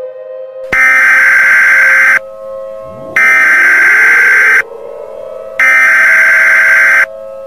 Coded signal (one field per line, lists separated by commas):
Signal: Emergency Alert System (SAME) tones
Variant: header bursts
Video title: Attack on America | EAS Scenario